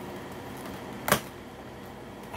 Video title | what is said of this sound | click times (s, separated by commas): Shark Rotator NV500 Maintenance Guide - Filter Change, Brushroll Clean, Hose Replacement | now that that is clicked into place we can see it | 1.1 s